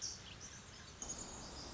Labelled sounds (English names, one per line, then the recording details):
Pacific Wren
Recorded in Sonoma County, California